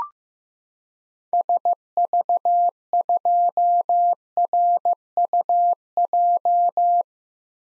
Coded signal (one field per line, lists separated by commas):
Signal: Morse code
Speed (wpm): 15 wpm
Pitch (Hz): 700 Hz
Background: none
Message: SV2RUJ